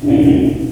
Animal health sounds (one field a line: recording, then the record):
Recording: squeal of a Yucatan mini pig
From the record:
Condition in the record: before surgery on the right vocal fold (resection and tissue-engineered implant)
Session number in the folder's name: 2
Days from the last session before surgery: -15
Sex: female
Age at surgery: 19 weeks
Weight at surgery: 25 kg